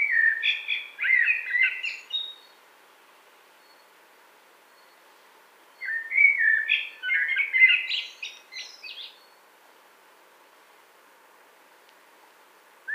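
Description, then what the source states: Eurasian blackbird delivering two long song phrases: melodious low whistles running into a rapid, high twittering tail, with pauses of several seconds between them. Recorded 20 March 2021.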